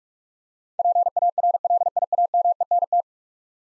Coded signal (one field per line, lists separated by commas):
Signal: Morse code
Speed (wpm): 41 wpm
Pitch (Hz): 700 Hz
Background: none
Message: PARLIAMENT